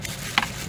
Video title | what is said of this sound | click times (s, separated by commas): GREEN FIT Installation Overview - Gleaner S9 Series Combine | You should hear a click. | 0.4 s